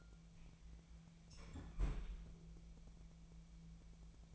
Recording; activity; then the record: daily activity, microphone in the room; close fridge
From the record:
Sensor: 1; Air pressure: 1000.0 hPa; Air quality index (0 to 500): 136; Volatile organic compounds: 2 ppm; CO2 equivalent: 1280 ppm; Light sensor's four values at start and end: 30/76/32/38 and 30/76/32/38